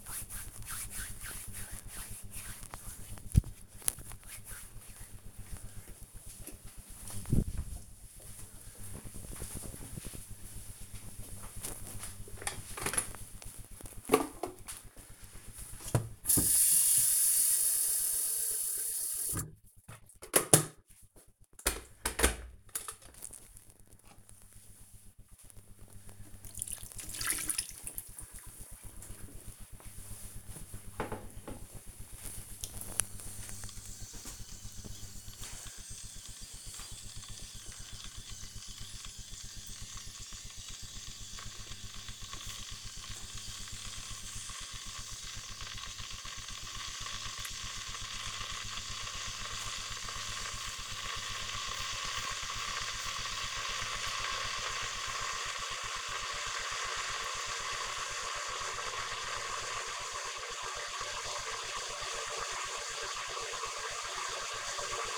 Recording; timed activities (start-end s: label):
household activities, microphone on the right wrist
0.00-3.80 s: disinfecting hands
13.84-65.17 s: making tea